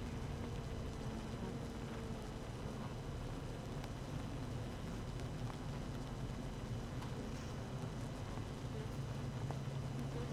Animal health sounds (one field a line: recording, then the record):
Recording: honeybee colony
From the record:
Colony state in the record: active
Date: 12 June 2018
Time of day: 7:01